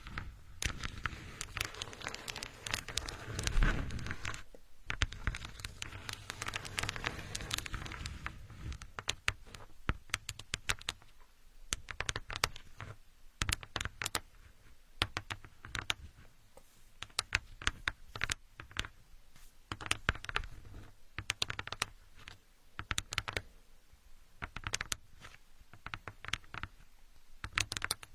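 Building blocks clatter and tap in quick, irregular bursts, a busy patter of small hard knocks throughout. The first seven seconds are fuller, with a low rumble and a loud thump around four seconds. After that the clicks grow sparser, with short pauses between handfuls.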